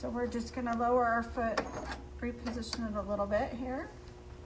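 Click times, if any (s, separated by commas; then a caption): none. On a JUKI sewing machine, the presser bar is lowered and a snap-on metal/plastic presser foot is repositioned against the foot holder. Someone talks throughout over faint mechanical handling sounds. The clip ends before the foot snaps on, so nothing has seated or clicked yet.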